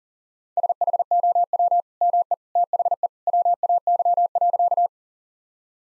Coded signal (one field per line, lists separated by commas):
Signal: Morse code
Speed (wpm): 40 wpm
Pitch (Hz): 700 Hz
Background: none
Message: SHOW ME THE WAY.